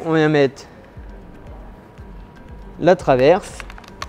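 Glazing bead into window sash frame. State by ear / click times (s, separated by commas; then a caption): not seated / none. A glazing bead is being handled at a wood-aluminium window sash frame, with a brand name of Fusia, while someone talks. A few faint knocks and short ticks sound over a low hum. Nothing has seated or clicked yet.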